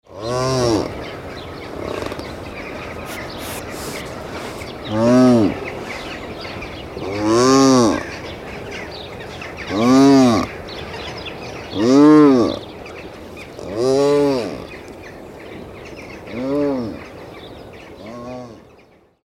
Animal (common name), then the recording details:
Addax. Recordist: Tembrock, Günter. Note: Langlaute eines Männchens